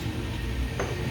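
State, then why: Not seated. A metal driveshaft fixture is handled at a driveshaft balancing machine, ready to slide in and lock into place, over a steady low hum with faint music. A short, sharp metallic tick rises about 15 dB at 0.8 s. Nothing has seated or locked yet by the end of the clip.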